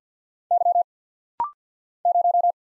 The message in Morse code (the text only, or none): Y 0